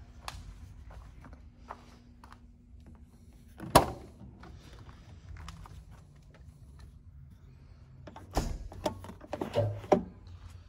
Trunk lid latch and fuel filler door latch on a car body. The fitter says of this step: see you can hear the pop of the trunk door and the gas door respectively